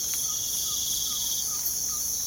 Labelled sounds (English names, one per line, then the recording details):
none
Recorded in pastures near Puerto Asís, Putumayo, Colombia, on 25 June 2025 at 05:00
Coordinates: 0.497, -76.327
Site G040